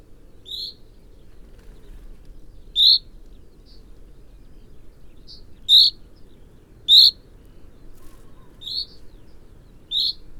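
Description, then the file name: Common chaffinch calls: short, sharp, high notes given irregularly, about four loud ones in ten seconds with softer notes between, over a low steady background hum. "Fringilla coelebs"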